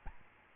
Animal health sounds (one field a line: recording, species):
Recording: mosquito wingbeat signal from an infrared sensor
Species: Aedes albopictus